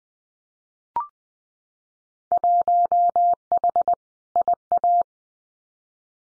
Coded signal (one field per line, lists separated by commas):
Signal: Morse code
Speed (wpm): 20 wpm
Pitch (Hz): 700 Hz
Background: none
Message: 1H IA